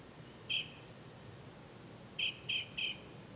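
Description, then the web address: Bird calls: a single short chirp, then after a pause three quick chirps in a row, over faint steady background hiss. "misc bird"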